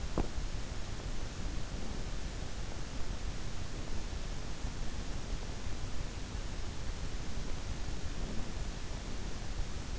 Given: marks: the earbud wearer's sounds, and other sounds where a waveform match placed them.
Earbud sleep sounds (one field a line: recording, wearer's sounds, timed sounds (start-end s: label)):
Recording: sounds in sleep by an in-ear microphone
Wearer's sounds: teeth grinding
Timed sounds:
0.00-0.36 s: teeth grinding